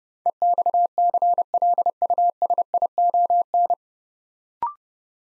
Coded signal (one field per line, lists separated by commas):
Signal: Morse code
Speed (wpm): 28 wpm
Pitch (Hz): 700 Hz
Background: none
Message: EXCLUSION